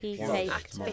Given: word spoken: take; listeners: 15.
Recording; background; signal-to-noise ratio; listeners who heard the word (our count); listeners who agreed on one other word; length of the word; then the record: one English word in noise, from a listening test; four-talker babble; -2.1 dB; 0 of 15; 9 of 15; 0.53 s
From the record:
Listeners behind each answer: 9, 1, 1, 1, 1, 1, 1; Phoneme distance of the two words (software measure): 30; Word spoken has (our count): 1 syllable, 3 phonemes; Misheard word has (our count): 1 syllable, 3 phonemes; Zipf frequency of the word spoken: 6.08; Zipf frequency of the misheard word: 4.74